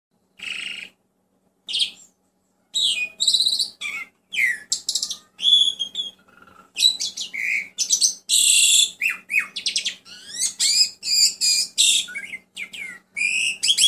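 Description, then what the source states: Songbird delivering a varied run of high chirps, slurred whistles and harsh buzzy phrases, with gaps early on, then nearly continuous; faint low hum beneath. Songbird training recording (masteran) used to teach captive songbirds.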